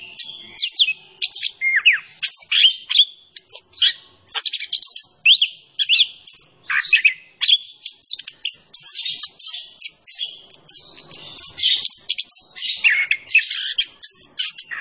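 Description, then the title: Orange-headed thrush pouring out a long continuous song of rapid whistles, downslurs and chattering notes, with few pauses over the whole stretch. Training song for songbirds; bird described as gacor, singing energetically. "Anis Kembang Gacor. Masteran Anis Kembang"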